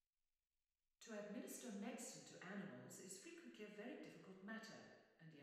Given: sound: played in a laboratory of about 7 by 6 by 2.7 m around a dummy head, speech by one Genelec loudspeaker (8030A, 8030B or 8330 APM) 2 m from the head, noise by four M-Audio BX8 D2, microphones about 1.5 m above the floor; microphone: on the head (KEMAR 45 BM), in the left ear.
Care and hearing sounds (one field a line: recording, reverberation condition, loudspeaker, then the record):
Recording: female speech in English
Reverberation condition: high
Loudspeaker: 150 degrees to the left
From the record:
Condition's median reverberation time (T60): about 1300 ms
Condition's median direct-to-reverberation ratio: about -4.0 dB